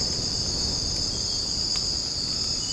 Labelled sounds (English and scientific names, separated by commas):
none